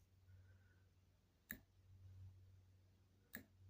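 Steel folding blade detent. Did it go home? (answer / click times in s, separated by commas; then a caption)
yes / 1.5 s, 3.3 s. A Joker N108a toothpick-style slip-joint folding knife from Spain, with a synthetic handle and a stainless blade, is worked open at its brass pivot until the blade snaps into its half-stop detent. Short, sharp clicks sound at 1.5 s and 3.4 s over a faint steady background. The half stop seats and is shown to work.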